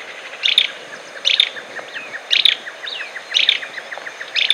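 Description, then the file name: Barullero giving brisk, rasping chatter bursts roughly once a second, each a clipped cluster of high notes, with faint chirps in between. "barullero voz"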